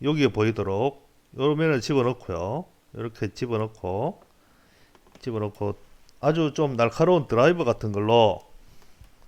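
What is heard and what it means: A cable connector part is being handled while an amplifier cable is assembled, to be pressed firmly onto its cable with a sharp screwdriver so it will not pull out. Someone talks throughout, with only faint, tiny ticks at about 5.0 s and 9.2 s. Nothing has seated or clicked yet.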